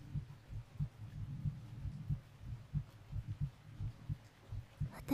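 A heartbeat at about 92 beats per minute, heard through bodies pressed together.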